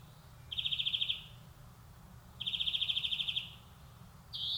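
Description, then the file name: European greenfinch giving two rapid dry trills, then the start of a wheezy note at the end. "Chloris chloris"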